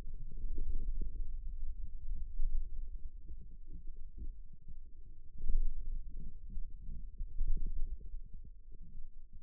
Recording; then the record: forearm muscle sounds (acoustic myography)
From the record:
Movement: wrist flexion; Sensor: system 2, bracelet of six BSWA MPA416 microphones around the upper forearm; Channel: 3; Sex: male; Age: 22 years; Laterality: right